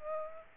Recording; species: mosquito wingbeat signal from an infrared sensor; Aedes aegypti